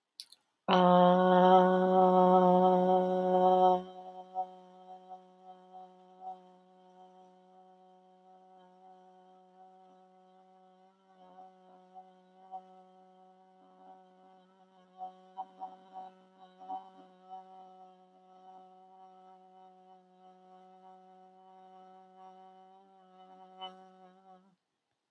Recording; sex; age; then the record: vowel held as long as possible; female; 50 to 59 years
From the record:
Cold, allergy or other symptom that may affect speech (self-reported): no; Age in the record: 50 years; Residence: Ohio, United States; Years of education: 14